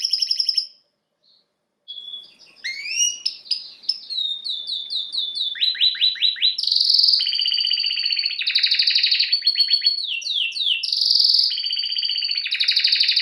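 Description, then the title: Domestic canary song: a few notes, a short pause, then a sequence of varied rapid trills, sweeping notes and rolling buzzy phrases that keeps changing pace. Male Belgian canary singing a lot, to warm up young birds. "Esquente Seu Filhote E Canario Belga Macho Cantando Muito"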